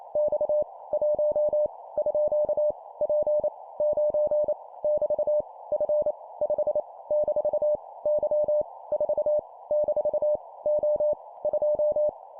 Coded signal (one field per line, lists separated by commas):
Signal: Morse code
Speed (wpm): 28 wpm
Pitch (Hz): 600 Hz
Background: none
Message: X 1 _ P 9 <BT> F 5 - Y 4 - O 2